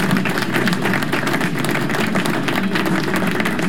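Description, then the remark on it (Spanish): Steady applause from a crowd, a dense wash of many hands clapping at an even, unbroken loudness for a few seconds, with no voices over it. “Bueno, un saludo también a nuestro amigo Jaime, que nos escucha desde Quebradillas, así que nos está enviando mensajes a través del WhatsApp, así que aplauso.”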